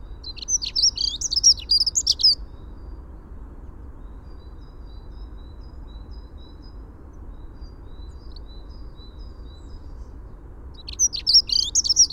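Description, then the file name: Dunnock giving brief, high, jangling song phrases, one at the start and another about ten seconds later, with faint thin notes and low rumble in between. "Prunella modularis - Dunnock"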